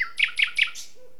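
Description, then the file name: Common nightingale song fragment: three quick repeated chirping notes followed by a short higher note. "Luscinia megarhynchos"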